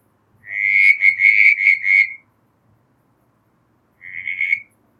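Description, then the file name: Southern brown tree frog giving a pulsed rattling series of about five notes, then after a pause a shorter buzzy burst. "Litoria ewingii"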